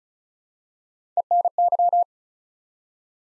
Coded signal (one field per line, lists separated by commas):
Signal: Morse code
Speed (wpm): 36 wpm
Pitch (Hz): 700 Hz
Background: none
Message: ENY